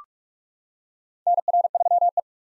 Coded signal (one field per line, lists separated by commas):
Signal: Morse code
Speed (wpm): 48 wpm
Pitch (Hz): 700 Hz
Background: none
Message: NR3E